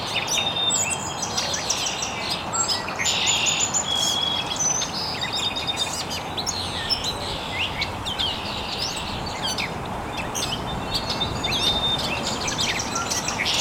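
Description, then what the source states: Many birds chirping and twittering at once, sharp high notes and brief whistles scattered throughout, with steady hissing ambience underneath. Recorded very early in the morning in an estuary.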